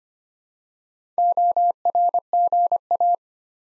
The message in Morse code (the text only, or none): ORGA